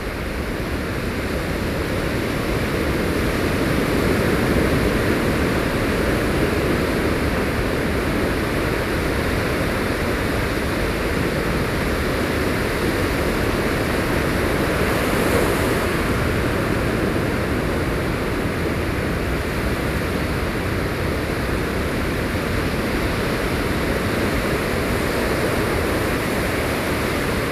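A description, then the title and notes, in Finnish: Waves and open water roll in a steady, dense wash, strongest in the low and middle range, with a soft hiss above. The level swells slightly in the first few seconds, then holds nearly constant, with a faint brighter surge near fifteen seconds. Binauraalisessa kollaasissa kuunnellaan Manhattania ympäröivien vesien ja Atlantin aaltoja.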